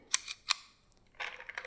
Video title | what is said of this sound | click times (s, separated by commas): Unboxing with Jacquelyn Lynn • Byrna HD Launcher | you hear them snap | 0.1 s, 0.5 s